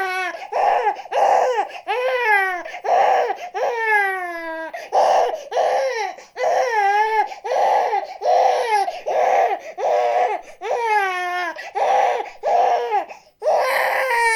Human sounds baby crying.